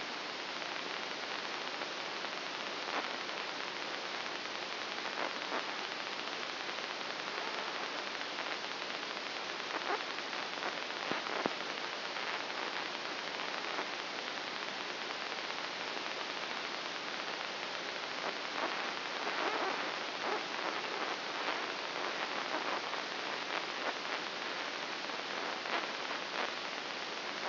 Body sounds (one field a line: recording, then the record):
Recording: brain microelectrode recording played as sound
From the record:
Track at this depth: inside the subthalamic nucleus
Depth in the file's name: 4.401 mm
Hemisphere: right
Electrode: 2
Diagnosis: Parkinson's disease